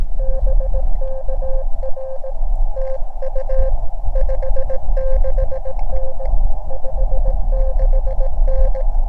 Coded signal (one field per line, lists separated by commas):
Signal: Morse code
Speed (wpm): 18 wpm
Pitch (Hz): 530 Hz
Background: none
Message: BK R TU 56N 56N